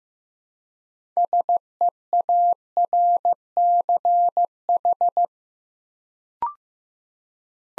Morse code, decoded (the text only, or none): SEARCH